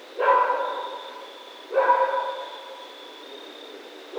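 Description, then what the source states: Raccoon giving harmonic, whining yelps about one and a half to two and a half seconds apart, each starting sharply then tailing off, with a thin constant high tone behind. Recorded 28 October 2010.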